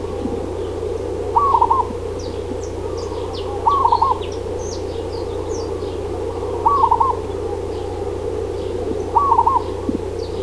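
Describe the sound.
Zebra dove cooing call: short rolling staccato bursts, four roughly every two to three seconds, over a steady low hum with faint high chirps of other birds.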